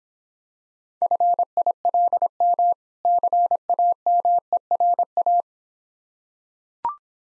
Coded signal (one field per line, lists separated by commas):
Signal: Morse code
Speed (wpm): 26 wpm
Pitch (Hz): 700 Hz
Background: none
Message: FILM CAMERA